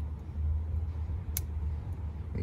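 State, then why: Seated. An LED door sill's wire connector is plugged into its mating wiring connector on a 2011 GMC Sierra 1500 during the install. A single sharp snap at 1.4 s shows it is seated. A steady low rumble runs underneath throughout.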